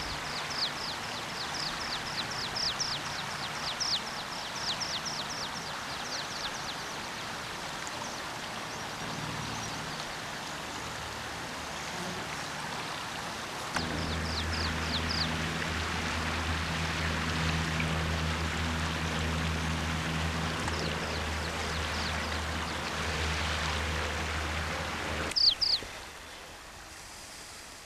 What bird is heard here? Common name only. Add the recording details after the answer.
Water Pipit. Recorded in the wild. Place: Grindelwald, Bern, CH. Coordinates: 46.6561, 8.05333. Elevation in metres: 2174. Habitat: mountains. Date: 1979-06-09. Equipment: Uher 4000 Report, Sennheiser MKH 815 T. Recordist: Tretzel, Erwin